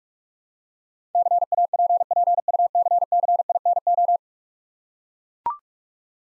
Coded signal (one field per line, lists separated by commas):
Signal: Morse code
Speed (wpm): 44 wpm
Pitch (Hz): 700 Hz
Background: none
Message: CAPPUCCINO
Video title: Easy Words with Hints - 45wpm